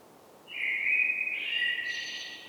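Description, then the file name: Common blackbird delivering one short mellow whistled phrase that slides into a thin, higher squeaky ending. "Turdus merula"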